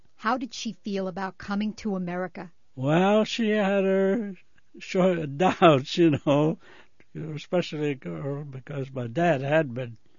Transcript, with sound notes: How did she feel about coming to America?
Well, she had her [chuckling] doubts, you know, especially because my dad had been,